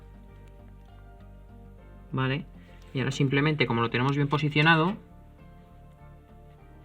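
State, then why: Not seated. A BIOS flash chip for an ASUS P5KPL/1600 is lined up in the socket or clamp of an EZP2019+ programmer, well positioned and ready to be pressed in. Someone talks briefly over quiet background music, and nothing has been pressed or clicked into place yet.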